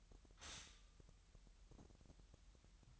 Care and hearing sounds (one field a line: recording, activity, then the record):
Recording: daily activity, microphone in the room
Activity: stop toaster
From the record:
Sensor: 3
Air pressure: 1002.0 hPa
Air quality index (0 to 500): 247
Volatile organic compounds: 50 ppm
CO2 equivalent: 3302 ppm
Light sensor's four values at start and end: 13/39/17/15 and 13/39/17/15